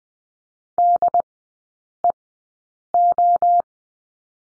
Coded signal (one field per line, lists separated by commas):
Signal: Morse code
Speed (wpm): 20 wpm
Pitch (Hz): 700 Hz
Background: none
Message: DEO